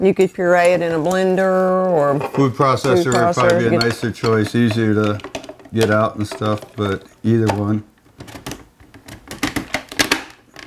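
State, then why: Seated. Someone talks, then a food processor bowl or lid is twisted onto its plastic base with a series of sharp plastic knocks. It clicks into place at 10.0 and 10.1 seconds as the safety interlock locks, seating it so the processor can run.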